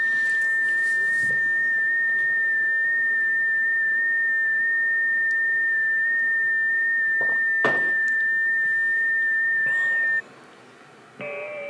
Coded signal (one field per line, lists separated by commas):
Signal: FT8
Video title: iFTX FT8 Setup and Operations on the QMX Transceiver